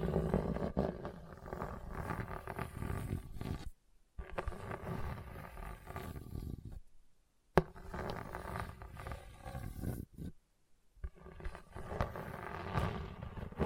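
Hard, bumpy scratching across a surface in dense, rough bursts, with short silent breaks near four, seven, and ten seconds.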